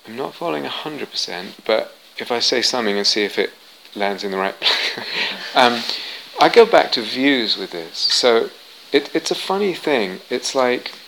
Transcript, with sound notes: I'm not following 100 per cent, but if I say something, see if it lands in the right place. [laughter] I go back to views with this. It's a funny thing. It's like